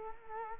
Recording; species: mosquito wingbeat signal from an infrared sensor; Culex quinquefasciatus